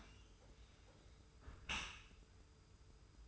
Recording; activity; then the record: daily activity, microphone in the room; close dishwasher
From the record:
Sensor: 2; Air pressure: 991.2 hPa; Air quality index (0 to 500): 142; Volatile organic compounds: 280 ppm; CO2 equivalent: 4436 ppm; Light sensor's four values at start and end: 40/114/45/43 and 40/114/45/43